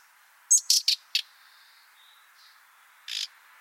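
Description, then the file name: Common nightingale producing a quick run of four rasping notes led by a short high whistle, then a pause before one more broad, grating note. "Luscinia megarhynchos"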